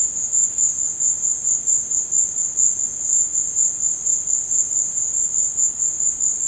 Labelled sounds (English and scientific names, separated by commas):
none